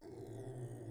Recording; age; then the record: pig call; weaner (32 to 43 days)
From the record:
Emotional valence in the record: negative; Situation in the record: restrain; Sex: male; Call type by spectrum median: low-frequency call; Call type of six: low-frequency stable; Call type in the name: low-frequency stable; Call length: 0.91 s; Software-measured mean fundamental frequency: 57 Hz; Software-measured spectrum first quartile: 122 Hz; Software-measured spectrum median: 273 Hz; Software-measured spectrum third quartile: 500 Hz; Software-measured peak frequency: 369 Hz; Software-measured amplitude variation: 123 dB a second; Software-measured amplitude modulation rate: 23.0 a second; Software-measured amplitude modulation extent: 5.4 dB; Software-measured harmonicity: 1.8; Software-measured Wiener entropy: 0.43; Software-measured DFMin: 1228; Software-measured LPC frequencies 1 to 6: 388, 1873, 3408, 4375, 5218, 6719 Hz